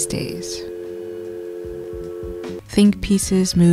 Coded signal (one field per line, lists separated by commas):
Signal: telephone call progress tone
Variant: North America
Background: speech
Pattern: dial tone